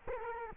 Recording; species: mosquito wingbeat signal from an infrared sensor; Culex quinquefasciatus